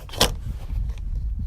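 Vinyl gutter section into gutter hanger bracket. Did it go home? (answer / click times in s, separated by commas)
yes / 0.2 s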